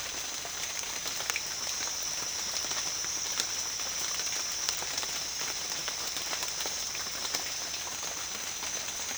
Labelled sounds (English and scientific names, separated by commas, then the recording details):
none
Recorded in secondary vegetation near Puerto Asís, Putumayo, Colombia, on 30 June 2025 at 13:00
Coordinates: 0.498, -76.327
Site GP09